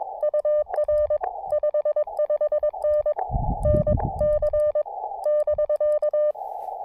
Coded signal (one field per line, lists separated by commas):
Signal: Morse code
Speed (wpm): 21 wpm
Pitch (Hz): 600 Hz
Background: none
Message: UR 55N NC <BK>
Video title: Dual Summits on the Air (SOTA) Morse Code activation.